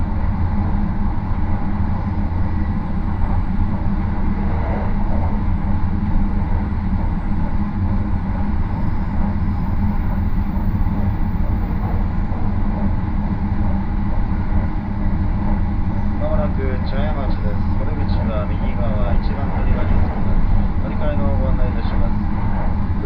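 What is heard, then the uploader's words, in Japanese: Aboard the Marine Liner rapid train from Takamatsu to Okayama, a steady, heavy low rumble runs throughout, with voices speaking near the end. 予讃線 快速マリンライナー40号 高松→岡山。日も暮れてしまった。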